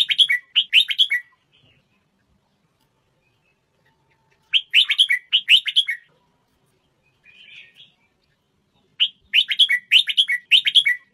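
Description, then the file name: Red-whiskered bulbul song: three lively warbled phrases separated by pauses, with a faint twittering note in one gap. Thai-type red-whiskered bulbul, singing. "tieng chao mao thai lan hot giong"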